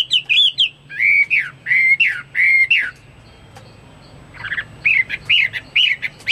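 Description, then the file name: Chinese hwamei song: loud, rich whistled phrases, each note sliding up and down, given in quick bursts with a brief pause before a faster, varied run. "omkicau hwamei"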